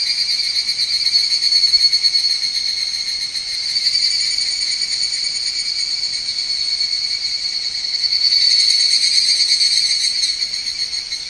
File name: Higurashi